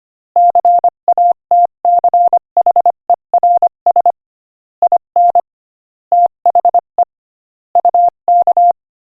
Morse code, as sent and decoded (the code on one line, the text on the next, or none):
-.-. .- - -.-. .... . .-. ... / .. -. / - .... . / ..- -.-
CATCHERS IN THE UK